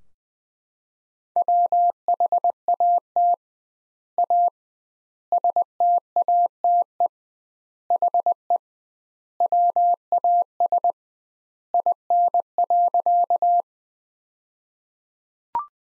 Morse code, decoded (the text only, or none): WHAT A STATE HE WAS IN.